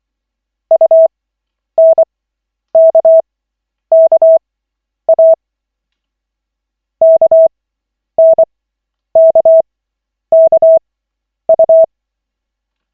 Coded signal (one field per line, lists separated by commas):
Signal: Morse code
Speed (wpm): 24 wpm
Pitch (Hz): 650 Hz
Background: none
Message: UNKKA KNKKU